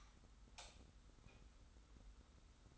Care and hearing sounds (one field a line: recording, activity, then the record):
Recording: daily activity, microphone in the room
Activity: light on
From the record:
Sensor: 3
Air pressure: 991.1 hPa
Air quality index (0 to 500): 112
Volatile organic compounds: 62 ppm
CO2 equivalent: 3434 ppm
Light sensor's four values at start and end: 35/84/34/32 and 38/93/37/35